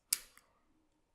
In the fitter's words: the dinosaur head back forward make sure it clicks all the way in place